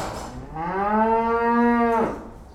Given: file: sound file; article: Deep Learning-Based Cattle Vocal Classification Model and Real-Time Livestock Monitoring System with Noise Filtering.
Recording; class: cattle; food anticipating call